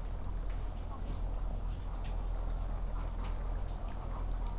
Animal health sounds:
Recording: poultry house recording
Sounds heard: sick chickens (respiratory disease)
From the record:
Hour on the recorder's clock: 8

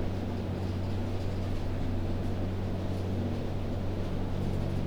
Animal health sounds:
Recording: poultry house recording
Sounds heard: no chicken sound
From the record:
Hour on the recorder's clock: 3

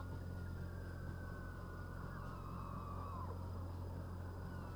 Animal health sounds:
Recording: poultry house recording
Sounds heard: healthy chickens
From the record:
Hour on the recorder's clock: 15

